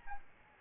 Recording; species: mosquito wingbeat signal from an infrared sensor; Aedes albopictus